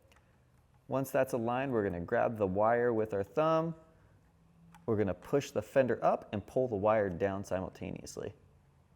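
A man talks while the metal fender support wire on an Intense Recon MX is lined up with a plastic fender clip, ready to be thumbed down as the fender is pushed up. Only speech is heard, with a faint tick near 0.1 s. The wire has not snapped into the clip yet, and nothing has seated or clicked.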